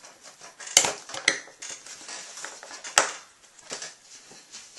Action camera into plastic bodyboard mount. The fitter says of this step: when you're ready to go just slide it into the mount snaps right in there